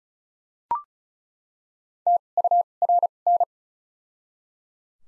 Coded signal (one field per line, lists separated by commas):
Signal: Morse code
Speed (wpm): 36 wpm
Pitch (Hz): 700 Hz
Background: none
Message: T U R N